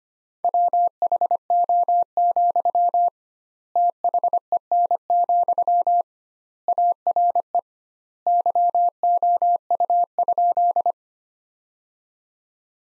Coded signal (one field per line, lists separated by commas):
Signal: Morse code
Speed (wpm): 25 wpm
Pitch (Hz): 700 Hz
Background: none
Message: WHO, THEN, ARE YOU?